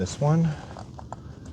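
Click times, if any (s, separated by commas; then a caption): 1.1 s. Someone talks while a plastic electrical wiring connector is clipped onto an ignition coil of a 2022–2026 Honda Civic (Gen 11) 2.0L during a spark plug job. A short, sharp click is heard at 1.1 s as the connector seats on the coil.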